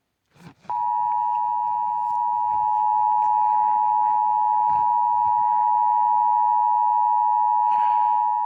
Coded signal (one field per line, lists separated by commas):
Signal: Emergency Alert System (SAME) tones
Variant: 853 and 960 Hz attention tone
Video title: Required Monthly Test|EAS 1086|Vermont